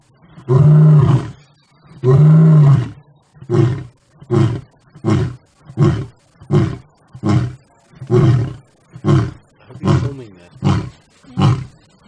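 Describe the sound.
Lion roaring: two long, deep moaning roars followed by a run of shorter grunting roars.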